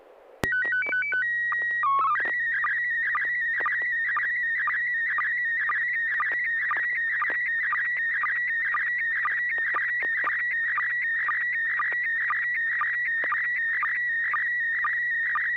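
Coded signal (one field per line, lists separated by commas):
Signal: SSTV (slow-scan television)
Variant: PD 120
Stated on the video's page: SSTV net on a 441.300 MHz FM repeater in Sacramento, California, sent with MMSSTV software.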